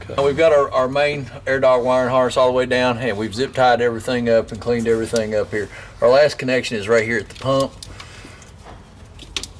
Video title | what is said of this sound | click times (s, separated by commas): AirDog II 165 Fuel Pump Install: Duramax LML #A5SABC110 | it until it clicks, and this is for your, again, this is for your low pressure light. | 9.4 s